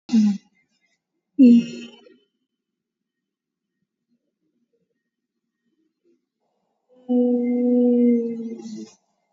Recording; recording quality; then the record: sustained vowel as in beet; excellent, no background noise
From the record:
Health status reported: COVID-19 positive, mild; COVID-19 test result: positive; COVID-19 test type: RT-PCR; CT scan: taken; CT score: 8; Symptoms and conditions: cough, sore throat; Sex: female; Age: 30 years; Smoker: no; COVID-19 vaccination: both doses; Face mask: worn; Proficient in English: yes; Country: India